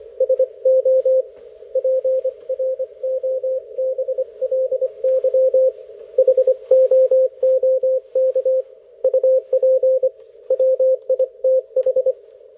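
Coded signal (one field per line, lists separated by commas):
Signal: Morse code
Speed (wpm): 26 wpm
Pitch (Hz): 530 Hz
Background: none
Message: SO PROBLY HOOK UP WITH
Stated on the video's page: HF Morse code ragchew between oldtimers on a Sunday morning.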